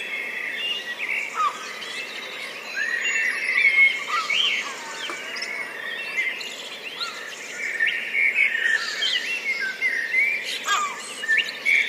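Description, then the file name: Blackbird song: several birds overlap in rich, rambling warbles that swell and fade every few seconds. Several blackbirds, recorded 10 June 2014 at 03:29, high-pass filtered. "140610-0329 blackbirds"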